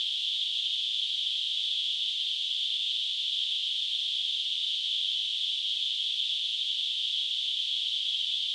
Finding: Tinnitus.